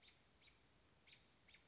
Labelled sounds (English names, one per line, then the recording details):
American Robin
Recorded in Sonoma County, California